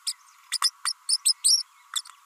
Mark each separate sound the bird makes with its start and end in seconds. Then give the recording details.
0.06-0.12, 0.52-0.58, 0.62-0.70, 0.85-0.93, 1.09-1.17, 1.25-1.33, 1.44-1.63, 1.95-2.01. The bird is a female. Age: 32 days. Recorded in a nest box in Venezuela. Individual 17B32A5